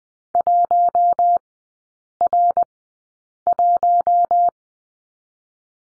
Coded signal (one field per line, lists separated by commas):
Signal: Morse code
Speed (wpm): 20 wpm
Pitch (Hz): 700 Hz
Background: none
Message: 1R1